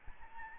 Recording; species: mosquito wingbeat signal from an infrared sensor; Aedes albopictus